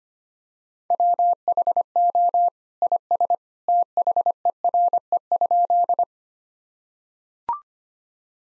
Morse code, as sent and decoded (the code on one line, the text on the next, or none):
.-- .... --- / .. ... / - .... . .-. . ..--..
WHO IS THERE?